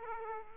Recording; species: mosquito wingbeat signal from an infrared sensor; Aedes aegypti